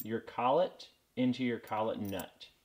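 An ER20 collet is being handled for pressing into the collet nut of a CNC spindle while someone talks. Only speech is heard, with no sharp transients, and nothing has seated or clicked yet.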